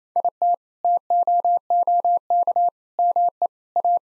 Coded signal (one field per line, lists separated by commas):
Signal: Morse code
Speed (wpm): 28 wpm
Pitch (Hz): 700 Hz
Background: none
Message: IT TOOK ME A